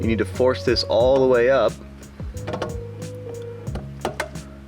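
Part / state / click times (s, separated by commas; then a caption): dome light assembly tab into headliner opening / seated / 4.2 s. Someone talks while pushing the plastic dome light assembly of a 2013 Toyota Corolla (11th gen, 2012-2019) up into the headliner opening during an LED interior install. A few soft knocks and clicks follow, then a sharp click at 4.2 s as the retaining tab pops back in place and the assembly is seated.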